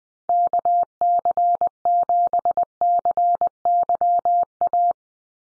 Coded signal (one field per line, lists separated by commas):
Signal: Morse code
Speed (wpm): 20 wpm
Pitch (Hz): 700 Hz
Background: none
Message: KC7CYA